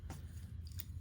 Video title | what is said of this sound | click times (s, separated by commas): Compac Interceptor -- Service FAIL -- Young Martin's Reels | okay what I'm going to do is I'm gonna put this on I'm going to rotate it back until it snaps into place like | 0.8 s